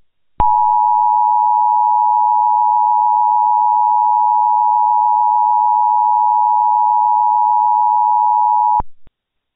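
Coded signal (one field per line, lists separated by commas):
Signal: Emergency Alert System (SAME) tones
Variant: 853 and 960 Hz attention tone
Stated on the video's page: Fictional alert scenario for entertainment, not a real broadcast; tones may or may not be valid.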